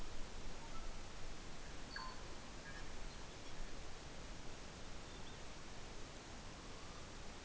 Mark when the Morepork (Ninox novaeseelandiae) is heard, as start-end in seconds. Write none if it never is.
none